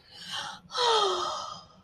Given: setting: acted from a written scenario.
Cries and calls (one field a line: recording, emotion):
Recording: vocal sound without words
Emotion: elation